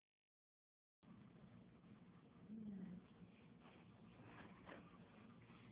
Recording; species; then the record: mosquito flight sound by mobile phone; Anopheles gambiae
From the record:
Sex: female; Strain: Kisumu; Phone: Huawei 866C